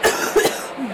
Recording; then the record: coughing mixed with background sound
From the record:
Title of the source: 30 Chesty and wet cough